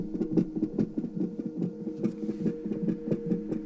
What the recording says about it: This is sound she recorded on her cell phone. Baby's hearts beat super, super fast, so it sounds like a rabbit or something. You just hear it on the sonogram? Yeah, this heartbeat pops up, and then there's the baby, and you can see it, and she looks fine.